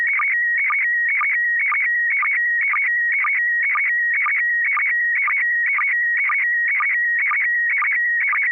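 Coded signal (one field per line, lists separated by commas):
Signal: SSTV (slow-scan television)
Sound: warbling high tone around 2 kHz with short low blips, twice a second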